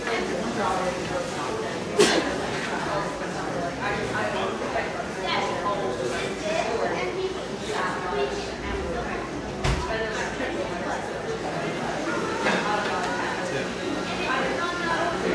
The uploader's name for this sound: Pearl District, Portland, Oregon